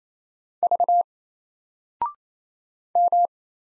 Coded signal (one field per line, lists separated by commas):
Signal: Morse code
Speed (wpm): 27 wpm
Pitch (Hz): 700 Hz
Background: none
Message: V M